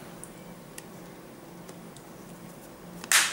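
The plastic back plate of a Samsung Galaxy Note 2 flip cover is pressed onto the phone body in place of the battery cover. Its clips snap into the notches with sharp clicks at 0.8 s, 3.0 s and 3.1 s, the last one much louder, over a quiet background with a few fainter ticks. The back plate is seated.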